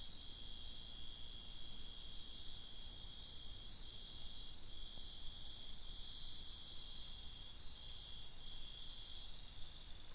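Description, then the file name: Chorus of crickets, a steady high ringing trill in several layers with a soft repeating pulse, and no other distinct sounds. Night ambience in a wetland in Sian Ka'an Biosphere Reserve, with crickets calling. "felix blume nature ambience wetland night frogs crickets insects sian kaan biosphere reserve"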